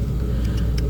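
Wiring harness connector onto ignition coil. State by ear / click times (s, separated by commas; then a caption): seated / 0.8 s. A plastic wiring harness connector is pushed back onto an ignition coil on the left bank while a Mercedes W166 ML350/GLE350 (2012–2018) is being reassembled. Over a steady low rumble, a single sharp, short click is heard at 0.8 s as the connector locks in and seats.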